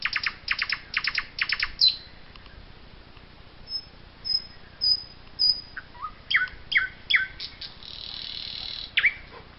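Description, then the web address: Common nightingale song: a rapid run of loud repeated notes, high thin whistles after a pause, then a jumble of varied chattering phrases. "chants doiseaux chant du rossignol"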